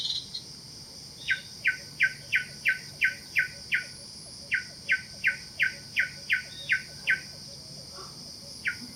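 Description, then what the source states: Pin-striped tit-babbler delivering two long runs of repeated, evenly paced clipped notes, about three each second, plus one stray note, against a continuous insect hum. Calls recorded in Kledang Sayong Forest Reserve, Ipoh, Perak, Malaysia, on 16 June 2018.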